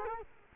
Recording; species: mosquito wingbeat signal from an infrared sensor; Culex quinquefasciatus